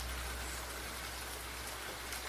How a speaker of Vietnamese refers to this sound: Lý chạy vội vào nhà vì mưa mỗi lúc một nặng hạt.